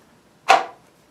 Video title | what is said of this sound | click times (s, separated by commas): Carbon Fiber SUNDAY! | kind of kind of snaps in a little bit light holsters usually don't snap in real | 0.5 s